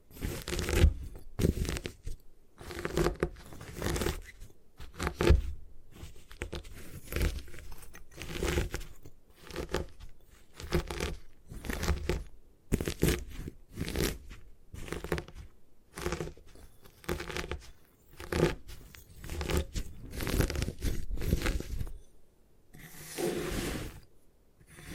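Gym chalk is crushed and crumbled in a steady run of crunchy, gritty bursts, each a second or less, packed closely with a few short pauses. The scrunching has a dry, crackly texture with a soft low thump beneath it. After about 22 seconds it fades to near silence, then one last faint rustle.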